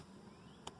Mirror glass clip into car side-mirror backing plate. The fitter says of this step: You should get a clicking sound. Get close.